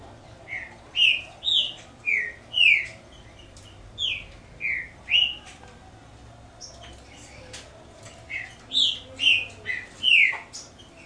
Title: Canto Coleiro